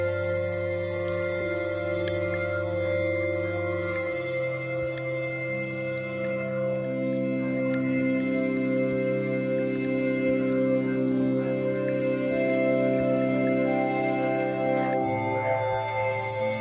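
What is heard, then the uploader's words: Underwater sounds: a dense, steady hum of layered tones, low and droning, like machinery heard through water. The deepest tone steps up around four seconds and drops again near fifteen, with faint clicks and ticks scattered throughout. Underwater Sounds.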